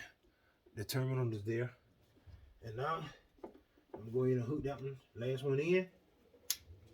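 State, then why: Seated. Someone talks while pushing the last spark plug wire boot onto its spark plug terminal. At 6.5 s, a sharp, loud click is heard as the boot seats onto the plug.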